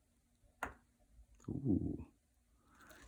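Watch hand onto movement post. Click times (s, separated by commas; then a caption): 0.6 s. During a Seiko watch mod, a small metal watch hand, likely the hour hand since the minute hand goes on next, is pressed down onto its post in the movement. One sharp click is heard at 0.6 s, then someone talks. The hand is seated right down into place on its post.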